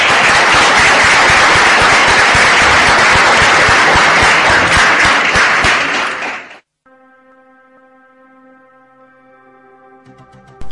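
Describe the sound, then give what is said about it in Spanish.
A crowd breaks into loud, dense applause thanking the invited expert and the men, roaring steadily for about six seconds, then cutting off abruptly, leaving faint sustained musical tones. “Pues nada, vamos a darle las gracias aquí al maestro, ¿no?, y a ustedes por haber venido, y un aplauso para los hombres.”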